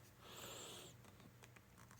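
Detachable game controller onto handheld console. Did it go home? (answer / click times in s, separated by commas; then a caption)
yes / 1.4 s. A detachable controller is slid onto the side rail of a Nintendo Switch 2 handheld console, making a soft hissing, scraping slide for most of the first second. After a brief quiet pause, a sharp click at 1.4 s marks it snapping in, followed by a few faint ticks. The controller is seated on the console.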